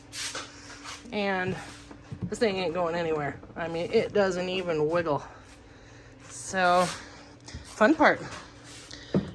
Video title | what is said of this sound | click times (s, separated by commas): 2022 Sea Doo GTI SE 170 LinQ Cup and Rod Holder Install | all right so back hole you just stick that stick that in there and it clicks in place | 8.9 s, 9.2 s